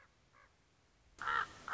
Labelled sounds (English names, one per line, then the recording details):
Common Raven
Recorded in Sonoma County, California